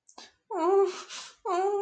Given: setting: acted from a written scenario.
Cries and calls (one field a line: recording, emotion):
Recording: vocal sound without words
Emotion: fear